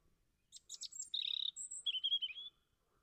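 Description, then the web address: European robin singing one quick, varied phrase of high sharp notes, a buzzy trill, a thin whistle and a falling warble, in otherwise quiet surroundings. "Deverinetal 2025"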